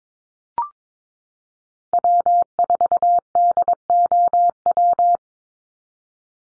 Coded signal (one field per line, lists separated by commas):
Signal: Morse code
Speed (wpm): 22 wpm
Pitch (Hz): 700 Hz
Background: none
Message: W4DOW